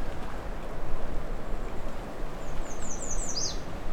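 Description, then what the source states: American Redstart song: a quick series of high, thin notes ending in a sharp down-slurred note, over steady low rumbling background noise. Recorded close up; one of the species' main songs; Alvar Bay, July 26, 2020.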